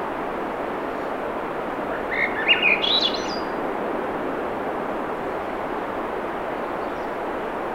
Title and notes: Swainson's Thrush singing Wednesday June 7, 2017 7:15 pm temperature low 50s clear skies between the tides Sun Dew Trail where it intersects with trail to Ocean Beach Schoodic Pennisula Acadia National Park Winter Harbor, ME